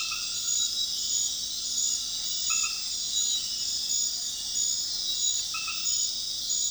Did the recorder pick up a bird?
no